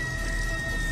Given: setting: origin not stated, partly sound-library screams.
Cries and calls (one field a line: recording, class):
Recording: one-second piece from a danger detection set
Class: woman in danger